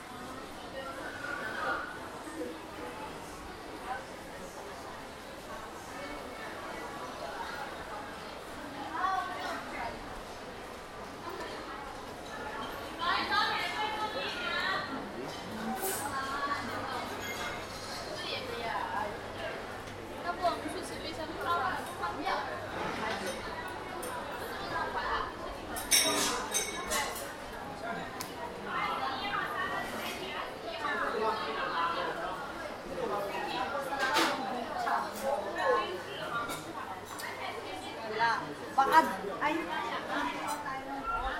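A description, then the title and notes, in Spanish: Underground journey through Shenzhen: many voices chatter steadily in a reverberant indoor space, over a low, constant rumble. Short bright clinks and clicks break through now and then, most sharply around the middle, while the crowd murmur stays dense throughout. Composición sonora de un viaje subterráneo por la ciudad de Shenzhen, China. Sintiendo sus vibraciones sísmicas, las voces ocultas de sus túneles e industria. Pieza realizada sin manipulación sonora, percibiendo la realidades perceptivas.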